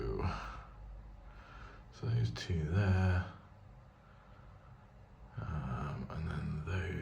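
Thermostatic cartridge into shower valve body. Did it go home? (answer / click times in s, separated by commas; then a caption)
no / none. Someone talks while lining up two marks on a MIRA Adept thermostatic shower cartridge and its shower valve body before pushing the cartridge home, with two faint handling taps at about 5.4 and 6.1 seconds. It is only handling; nothing has seated or clicked yet.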